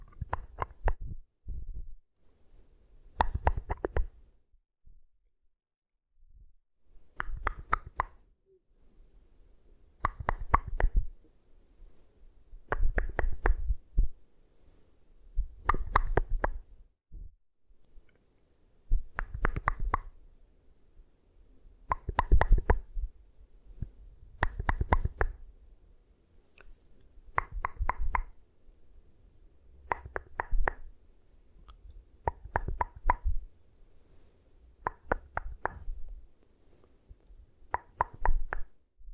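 Tapping comes in short bursts of quick, crisp taps, the clusters recurring about every two to three seconds across the whole clip. Each burst has a soft, dull thud under a sharp, bright click. Between bursts there is near silence with a faint low hum.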